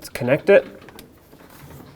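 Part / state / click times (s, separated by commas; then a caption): oxygen sensor wiring plug into vehicle harness connector / seated / 0.9 s, 1.0 s. Someone talks as the plastic electrical plug of a downstream oxygen sensor on a 2009-2014 Honda Fit is pushed into its mating vehicle harness connector. Two short clicks are heard at about 0.9 s and 1.0 s as the connector latches. The plug is confirmed seated.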